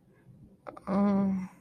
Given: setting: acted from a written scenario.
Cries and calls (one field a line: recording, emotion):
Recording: vocal sound without words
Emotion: sympathy